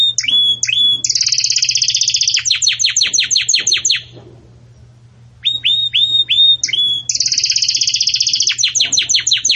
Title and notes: Canto Do Canário Belga Campainha Para Encarte De Filhotes. CANARIO